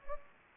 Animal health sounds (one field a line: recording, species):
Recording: mosquito wingbeat signal from an infrared sensor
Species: Anopheles gambiae